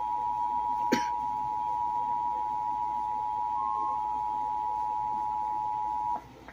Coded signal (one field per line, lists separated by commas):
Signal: Emergency Alert System (SAME) tones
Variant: 853 and 960 Hz attention tone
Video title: Severe Thunderstorm Warning on WMCND (EAS #119)